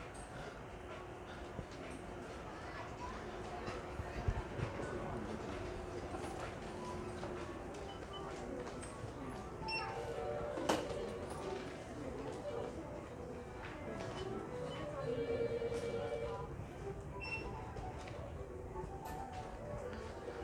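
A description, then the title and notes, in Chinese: Steady crowd chatter fills a busy public space during a walk around, over a low rumbling hum, with a sharp clack near eleven seconds. 麥克風測試，繞美麗華一圈。買了手機用的麥克風，RODE VideoMic Me，今天就來測試一下囉。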